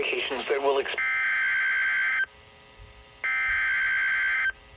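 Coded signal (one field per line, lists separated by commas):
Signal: Emergency Alert System (SAME) tones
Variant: header bursts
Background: speech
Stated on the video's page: Watches and warnings received on NOAA Weather Radio.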